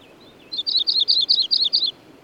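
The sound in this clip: Bird song: a faint lead-in note, then seven bright, quick paired chirps in an even, high-pitched sequence.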